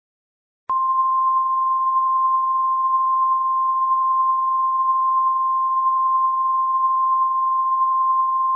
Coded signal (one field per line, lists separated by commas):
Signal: Emergency Alert System (SAME) tones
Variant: 1050 Hz attention tone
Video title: EAS: Domestic Terrorists Part 1